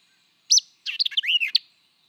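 White-eyed vireo song: a sharp opening chip, a short gap, then a rapid jumble of slurred, buzzy notes ending in another crisp chip.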